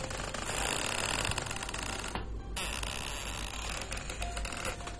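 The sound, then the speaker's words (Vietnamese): Harsh, teeth-grating creaking from a corner of a room at night, like nails being pried loose with a hammer, grinding on steadily with a short break in the middle and scratchy clicking textures throughout; no one speaks. “Còn đang miên man suy nghĩ thì ở góc phòng vang lên những tiếng cọt cà cọt kẹt ghê răng.”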